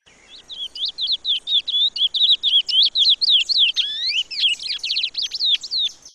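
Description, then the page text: Chestnut-bellied seed finch song: continuous quick high twittering, with varied rising and falling whistled notes delivered in a rapid, unbroken series. "Curió (Sporophila Angolensis) #natureza #cantodocurio"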